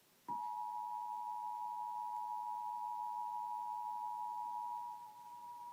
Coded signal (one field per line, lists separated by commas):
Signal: Emergency Alert System (SAME) tones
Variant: 853 and 960 Hz attention tone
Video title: Emergency Alert System EAS for the State of Oregon on five different channels